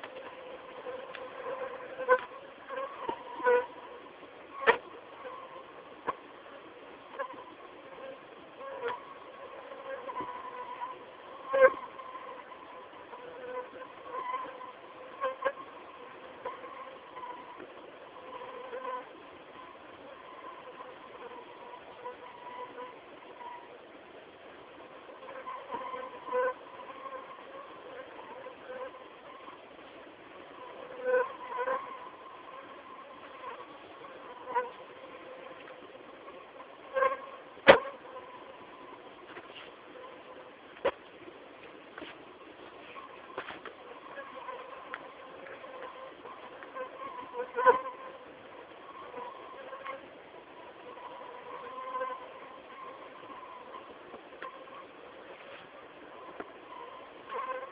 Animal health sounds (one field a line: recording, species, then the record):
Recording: mosquito flight sound by mobile phone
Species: Anopheles merus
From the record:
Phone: not stated